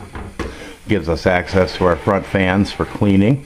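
The front panel of an IN-WIN MANA 136 plastic mid-tower PC case is swung open and pulled off its mounts, giving two short, sharp clicks at 0.2 s and 0.4 s as it unclips and releases. Someone then talks through the rest of the clip.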